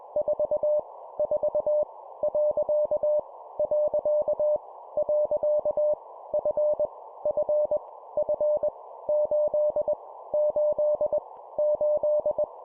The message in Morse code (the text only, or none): 4 4 . . . F F F 8 8 8